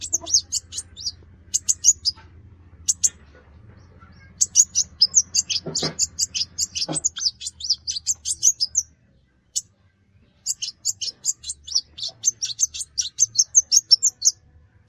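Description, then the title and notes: Brown-throated sunbird pouring out rapid, high twittering notes in long runs, broken by a brief pause, with a low hum underneath. Described as gacor, in vigorous, persistent song. "Kolibri Gacor. Kolibri Kelapa"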